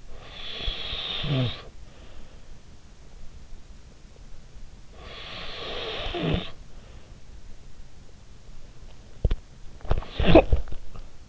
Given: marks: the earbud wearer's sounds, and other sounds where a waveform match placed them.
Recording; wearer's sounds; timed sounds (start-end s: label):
sounds in sleep by an in-ear microphone; snoring breath, teeth grinding, cough or throat clearing or sniffle
0.05-1.68 s: snoring breath
4.97-6.49 s: snoring breath
9.02-10.44 s: teeth grinding
9.73-11.29 s: cough or throat clearing or sniffle